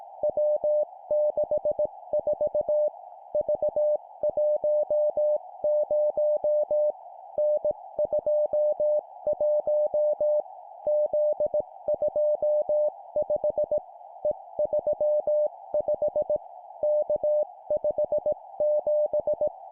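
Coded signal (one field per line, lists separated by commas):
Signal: Morse code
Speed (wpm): 18 wpm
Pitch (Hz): 600 Hz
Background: music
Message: W64 V10 N21 Z25 E35 K57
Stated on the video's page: Morse drill at 17 wpm of three-character groups: letter, number, number.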